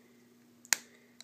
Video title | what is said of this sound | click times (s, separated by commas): How to DIY replace a dock assembly in an iPhone 3G & iPhone 3GS | and then the bottom should snap right in place | 0.7 s